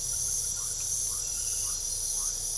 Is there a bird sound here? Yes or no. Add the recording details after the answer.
no. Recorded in pastures near Puerto Asís, Putumayo, Colombia, on 22 December 2024 at 22:00. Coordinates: 0.497, -76.327. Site G088